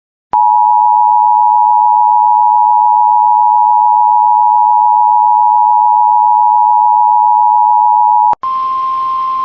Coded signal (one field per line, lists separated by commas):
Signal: Emergency Alert System (SAME) tones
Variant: 853 and 960 Hz attention tone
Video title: Special Marine Warning EAS